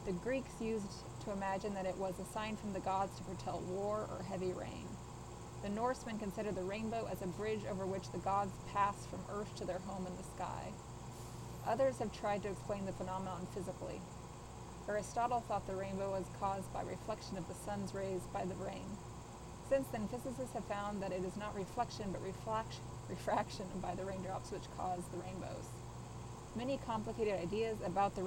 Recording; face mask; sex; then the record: reading aloud; surgical mask; female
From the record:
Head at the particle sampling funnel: tilted up or above it, chin in front of it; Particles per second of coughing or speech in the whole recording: 0.0394